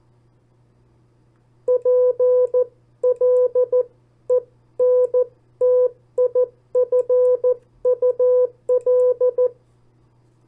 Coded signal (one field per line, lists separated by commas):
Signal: Morse code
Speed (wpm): 14 wpm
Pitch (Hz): 500 Hz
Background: none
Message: PLENTIFUL